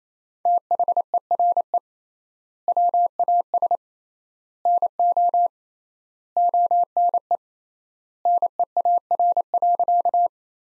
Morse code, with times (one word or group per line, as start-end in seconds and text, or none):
0.5-1.8 THERE
2.7-3.8 WAS
4.7-5.5 NO
6.4-7.4 ONE
8.3-10.3 NEAR.